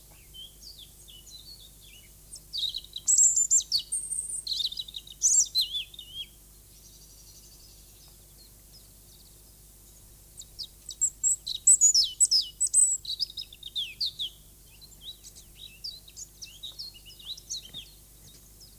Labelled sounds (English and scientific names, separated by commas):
European Robin (Erithacus rubecula) song